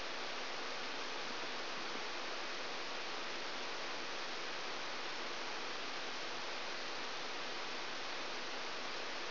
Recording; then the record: brain microelectrode recording played as sound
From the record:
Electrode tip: outside the subthalamic nucleus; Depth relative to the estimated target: -6 mm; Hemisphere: right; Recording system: AlphaMap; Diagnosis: Parkinson's disease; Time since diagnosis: 12 years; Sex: female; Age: 56 years